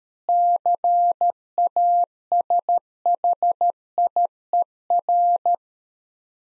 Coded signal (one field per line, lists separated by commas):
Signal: Morse code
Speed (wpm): 13 wpm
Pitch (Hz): 700 Hz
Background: none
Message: CASHIER